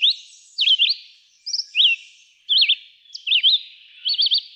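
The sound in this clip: Red-eyed vireo singing brief whistled phrases, some warbled, rising and falling, about one each second, separated by short silences.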